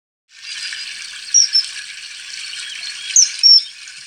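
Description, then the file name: Common kingfisher giving two pairs of sharp, very high whistled notes over a steady background noise. "Eisvogel"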